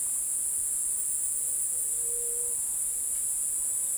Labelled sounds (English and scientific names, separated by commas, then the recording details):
White-tipped Dove (Leptotila verreauxi)
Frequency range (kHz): White-tipped Dove (Leptotila verreauxi) 0.4-0.6 kHz
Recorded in forest near Pivijay, Magdalena, Colombia, on 5 June 2023 at 15:30
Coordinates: 10.467, -74.380
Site Z5-G034